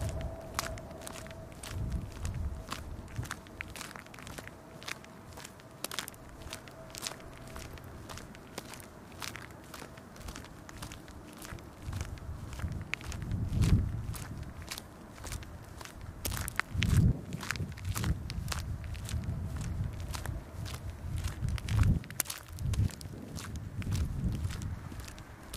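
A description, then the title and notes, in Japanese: On a walk home, footsteps crunch along with many sharp, irregular clicks and crackles from start to finish. Heavier low thuds stand out around 14, 17 and 22 seconds, and a faint steady hum sits underneath during the first few seconds. 帰り道、まだ桜は咲いてました。今回も本人喋りません！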